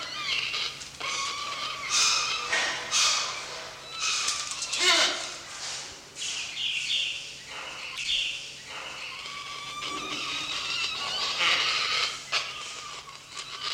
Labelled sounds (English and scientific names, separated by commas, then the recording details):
Black-and-white-casqued Hornbill (Bycanistes subcylindricus)
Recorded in captivity
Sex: pair
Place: Zoo Berlin, Berlin, DE
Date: 1986-12-30 11:25
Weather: slightly cloudy, bright 5°
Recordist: Tembrock, Günter